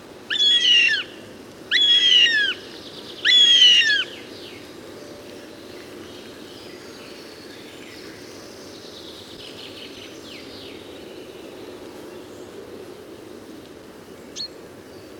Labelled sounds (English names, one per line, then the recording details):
Northern Goshawk call
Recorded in the wild
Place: Glowe, Insel Rügen, Mecklenburg-Vorpommern, DE
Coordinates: 54.577, 13.442
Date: 1975-07-07
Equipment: Nagra III BH, Sennheiser MD 21, parabola
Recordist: Schubert, Michael
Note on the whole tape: Habicht - Ästling, "hiä" - Rufe